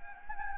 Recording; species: mosquito wingbeat signal from an infrared sensor; Anopheles gambiae